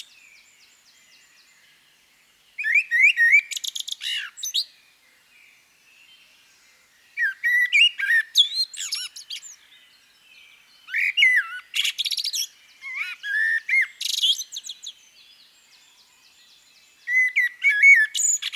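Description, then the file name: Common blackbird song in several phrases, each a few mellow whistles trailing into high scratchy twittering, with quiet pauses between them. "CHernyj drozd - Turdus merula - British Library"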